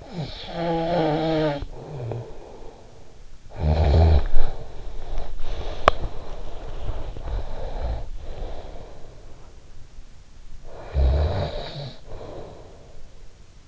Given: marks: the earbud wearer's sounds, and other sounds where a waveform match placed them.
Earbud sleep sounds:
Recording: sounds in sleep by an in-ear microphone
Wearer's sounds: snoring breath, breath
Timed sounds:
0.01-3.23 s: snoring breath
3.34-5.25 s: snoring breath
5.30-9.63 s: breath
10.57-13.27 s: snoring breath

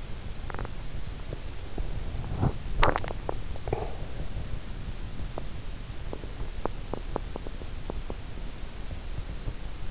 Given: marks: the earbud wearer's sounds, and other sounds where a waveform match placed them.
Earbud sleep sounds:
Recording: sounds in sleep by an in-ear microphone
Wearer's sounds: teeth grinding, swallowing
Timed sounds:
0.00-3.04 s: teeth grinding
3.04-4.27 s: swallowing
5.05-8.19 s: teeth grinding

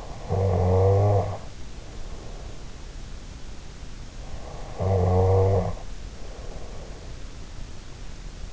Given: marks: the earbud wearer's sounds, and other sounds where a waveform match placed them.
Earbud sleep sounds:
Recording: sounds in sleep by an in-ear microphone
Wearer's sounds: snoring breath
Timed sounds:
0.00-2.77 s: snoring breath
4.36-7.14 s: snoring breath

